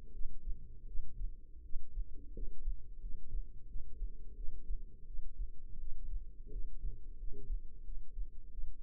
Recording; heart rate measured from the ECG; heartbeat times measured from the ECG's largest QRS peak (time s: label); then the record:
heart sounds by microphone in the left ear; 86 bpm
0.12 s: heartbeat
0.86 s: heartbeat
1.63 s: heartbeat
2.34 s: heartbeat
3.00 s: heartbeat
3.67 s: heartbeat
4.35 s: heartbeat
5.06 s: heartbeat
5.78 s: heartbeat
6.51 s: heartbeat
7.18 s: heartbeat
7.83 s: heartbeat
8.50 s: heartbeat
From the record:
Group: healthy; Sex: female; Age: 22 years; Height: 161 cm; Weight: 65.5 kg